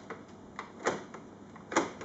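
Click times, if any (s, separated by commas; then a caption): 0.9 s, 1.8 s. Plastic toner cartridges for a 2550ci laser printer are pushed into the toner slot, giving a few light ticks and rattles. Sharp click hits at 0.9 s and 1.8 s mark each cartridge locking into place.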